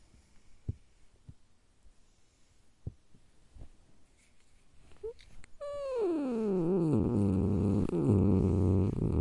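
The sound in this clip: Domestic cat giving a few soft clicks, then a drawn-out growl that slides down into a steady low rumble held to the end.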